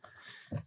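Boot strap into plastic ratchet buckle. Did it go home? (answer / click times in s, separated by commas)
yes / 0.0 s, 0.6 s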